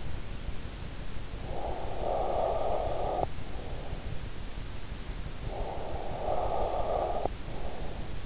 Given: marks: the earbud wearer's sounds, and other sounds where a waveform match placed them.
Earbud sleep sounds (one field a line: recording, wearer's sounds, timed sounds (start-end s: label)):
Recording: sounds in sleep by an in-ear microphone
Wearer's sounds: breath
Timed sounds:
1.20-3.74 s: breath
5.39-8.26 s: breath